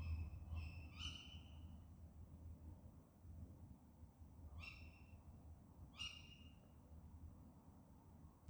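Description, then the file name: Bird calls: short downslurred notes, a quick pair near the start and two single notes later, separated by quiet gaps, over a steady low rumble. "fugl"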